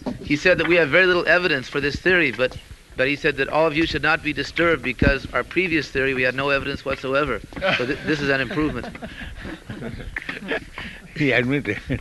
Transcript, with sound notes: He said that "We have very little evidence for this theory," but he said that "All of you should not be disturbed, because our previous theory, we had no evidence whatsoever. [laughter] So this is an improvement."
He admitted.